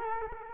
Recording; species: mosquito wingbeat signal from an infrared sensor; Culex quinquefasciatus